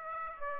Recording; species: mosquito wingbeat signal from an infrared sensor; Aedes aegypti